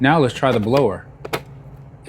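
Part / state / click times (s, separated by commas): 20V battery pack into cordless blower / seated / 1.3 s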